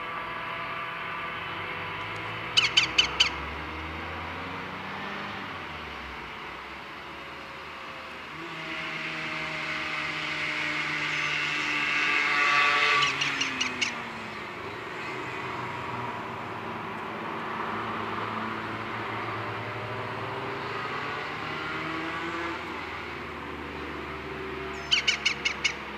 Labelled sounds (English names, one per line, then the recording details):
Eurasian Wryneck call
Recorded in the wild
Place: Kaiserslautern, Rheinland-Pfalz, DE
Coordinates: 49.4247, 7.77889
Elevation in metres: 279
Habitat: garden
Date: 1976-09-25
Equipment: Nagra, Vollspur
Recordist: Tretzel, Erwin
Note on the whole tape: Garten, Kaiserslautern: Rufe